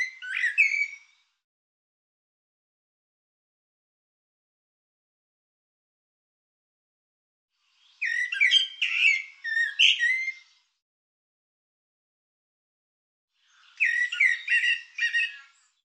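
Bird calling in three short bursts of rapid chirps and harsh notes, separated by several seconds of silence.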